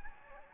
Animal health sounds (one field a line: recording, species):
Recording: mosquito wingbeat signal from an infrared sensor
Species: Anopheles gambiae